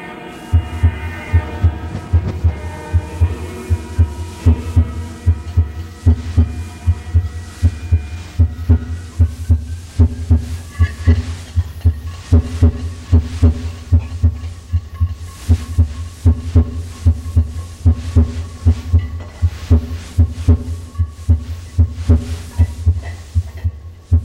Normal S1 and S2 heart sounds. S1 is associated with the beginning of ventricular systole. S2 marks the end of ventricular systole.